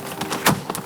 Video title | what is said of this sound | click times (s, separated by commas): How to Repair Vinyl Siding | we' got it into position and I can hear it lock in | 0.5 s